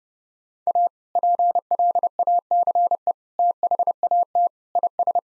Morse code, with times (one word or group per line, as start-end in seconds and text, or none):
0.7-0.9 A
1.2-3.1 PLACE
3.4-4.5 THAT
4.8-5.2 IS